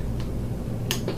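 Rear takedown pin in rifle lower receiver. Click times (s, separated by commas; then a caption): 0.9 s. A metal rear takedown pin in a rifle's aluminum lower receiver is pushed in from one side and pulled out by hand to its open stop. Over a steady low hum, a faint tap at 0.2 s comes before a sharp, bright snap at 0.9 s as the pin seats in its open detent, followed by a softer tap at 1.1 s. The pin is released and held open.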